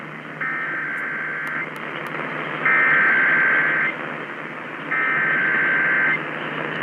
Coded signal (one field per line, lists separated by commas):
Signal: Emergency Alert System (SAME) tones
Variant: header bursts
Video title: EAS #141 - Required Monthly Test #14 (EOM FAIL!)